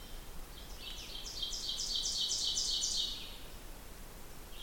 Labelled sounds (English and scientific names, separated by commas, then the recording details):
Ovenbird (Seiurus aurocapilla) song
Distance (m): 40 m
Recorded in boreal forest in Alberta, Canada, on 16 June 2016 at 08:15
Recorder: SongMeter 3, array SBT-3-32
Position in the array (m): 159 m, -30 m
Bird 38